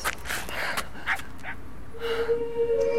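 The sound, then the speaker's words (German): A dog lets out several short, rough barks, then settles into a thin, steady whimpering whine that lingers toward the end, with no one speaking. “Ich gehe noch mal mit dem Hund raus.”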